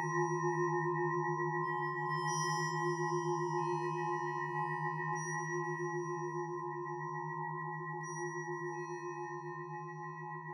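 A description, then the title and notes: Several steady sine tones layered into a bell-like chord, sustained for the whole clip with no attack or break. The low tones pulse with a quick regular wobble while higher tones shimmer faintly, and a light reverberation adds a soft glassy ring, slowly fading. Eight sine oscillators with different frequencies, different rates of fluctuating amplitudes and a little reverberation creating bell-timbres.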